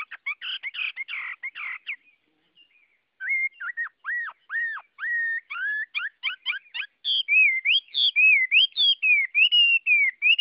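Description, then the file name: Chinese hwamei singing a long, varied song: rough buzzy notes, a brief pause, then arched whistles and rapid bright looping phrases that keep changing. Song in the 'forest voice' (giọng rừng) style. "Tieng hoa mi hot giong rung"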